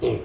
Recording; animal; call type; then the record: contact call of a hoofed animal; pig; closed-mouth grunt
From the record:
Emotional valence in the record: negative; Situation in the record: short social isolation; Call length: 0.25 s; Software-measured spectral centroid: 1310 Hz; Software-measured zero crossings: 1020 a second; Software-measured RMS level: -24 dBFS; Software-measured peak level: -14 dBFS